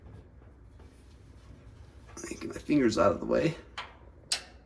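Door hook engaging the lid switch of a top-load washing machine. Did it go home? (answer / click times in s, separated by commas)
yes / 3.8 s, 4.3 s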